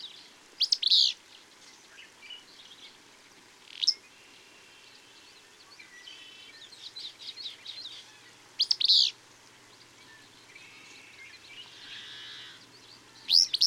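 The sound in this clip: Bird song: loud, sharp high chirps burst out every few seconds, with fainter twittering and warbling phrases in between over a steady hiss.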